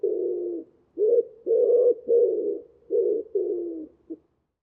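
Common Wood Pigeon giving several low, hoarse coos in an uneven sequence, ending with a short clipped note.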